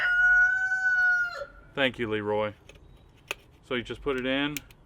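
A rooster crows for the first second and a half, then someone talks while a modified headlight bulb socket, its back cut off and its hole ovaled so its small tabs lock into place, is handled for pushing into the headlight housing of a Honda Trail 70 with a 125cc 4-speed swap. Nothing has seated or clicked yet; the clip ends just before the socket goes home.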